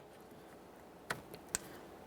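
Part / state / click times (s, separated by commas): wiring harness connector into mirror switch / seated / 1.5 s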